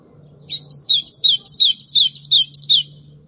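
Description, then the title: White-throated seedeater song, a steady series of about a dozen high slurred whistles, with a low hum beneath. "Canto Do Golinha"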